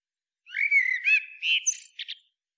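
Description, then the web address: Common blackbird song phrase: a low, fluted whistle sliding near one pitch, followed by brighter notes and a short buzzy twitter at the end. No other sounds. "SETE Turdus merula"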